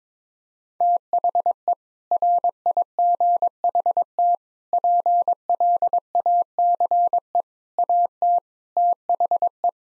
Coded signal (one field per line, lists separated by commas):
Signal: Morse code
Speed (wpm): 22 wpm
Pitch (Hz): 700 Hz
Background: none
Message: THE RIGHT PLACE AT THE